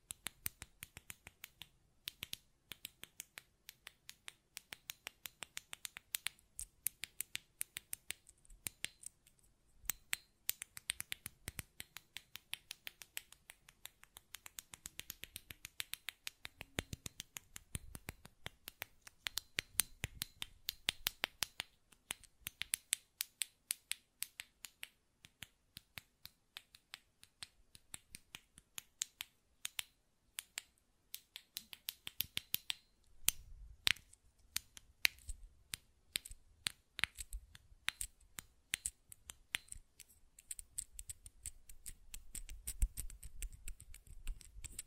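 Buttons are clicked and tapped over and over, each a sharp, bright tick with quiet gaps between. The pace is irregular, sometimes sparse and sometimes in quick clusters, growing denser around the middle and again near the end, with faint low thumps underneath.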